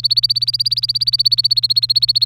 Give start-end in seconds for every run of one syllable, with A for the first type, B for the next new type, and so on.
0.00-2.26 A